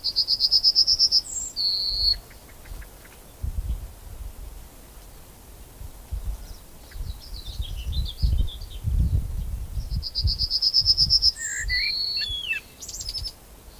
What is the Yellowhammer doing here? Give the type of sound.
song